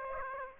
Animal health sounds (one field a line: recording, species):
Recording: mosquito wingbeat signal from an infrared sensor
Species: Aedes aegypti